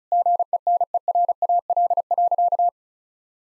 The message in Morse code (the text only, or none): GENERAL.